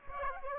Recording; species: mosquito wingbeat signal from an infrared sensor; Aedes aegypti